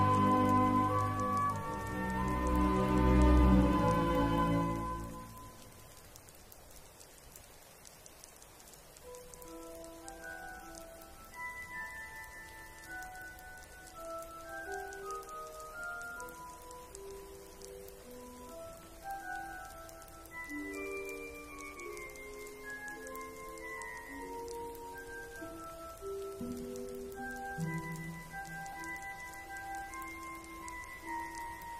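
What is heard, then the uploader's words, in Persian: Rainy night at Hogwarts: the opening five seconds swell with a loud, deep rumble, then fade. Steady, soft rain patters throughout while a slow, gentle melody of sustained bell-like notes drifts in and out, rising and falling without hurry. هاگواترز در شب بارانی. پادکستی که میشنوید به کمک "باینورال بیت" تهیه شده (بیت هایی که به صورت دو ضربه با فرکانسهای متفاوت شنیده میشوند).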